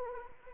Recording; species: mosquito wingbeat signal from an infrared sensor; Anopheles arabiensis